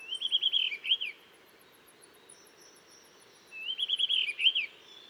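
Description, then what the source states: Blue rock thrush song: two bright, fluty phrases of quick rolling notes about three seconds apart, with faint high ticking sounds in the background. On a cliff in the Dentelles de Montmirail, 12 March 2020, 7:25; alarm calls at daybreak, then sings all morning to mark territory, changing perches; Nagra seven with Telinga pro7.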